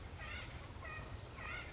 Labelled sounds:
Acorn Woodpecker

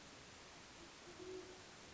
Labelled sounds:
Great Horned Owl

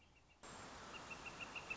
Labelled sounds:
Northern Flicker

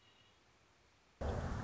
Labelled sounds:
Red-winged Blackbird

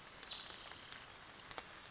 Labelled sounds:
Spotted Towhee

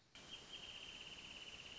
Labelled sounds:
Wrentit

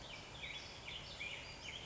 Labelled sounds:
Western Flycatcher

